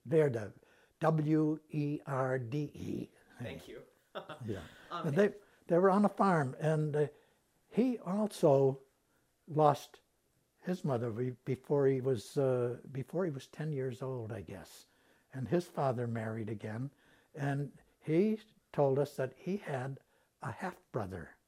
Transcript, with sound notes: Werde, W-E-R-D-E.
Thank you. [Chuckles]
They — they were on a farm and he also lost his mother before he was — before he was ten years old, I guess, and his father married again and he told us that he had a half brother